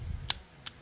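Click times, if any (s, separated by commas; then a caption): 0.3 s. A plastic armor ring is twisted or pressed onto a Beyblade Burst GT Big Bang Genesis spinning-top toy assembly until it locks. Against a faint low rumble, a sharp, loud click sounds at 0.3 s, followed by a quieter click at 0.7 s. The armor snaps into place at 0.3 s.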